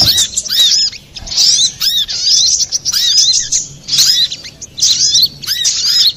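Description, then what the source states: Little spiderhunter giving short bursts of high chirps and arched whistles, repeated about once a second with quiet gaps between. Master recording for training cage birds, labelled Labaik.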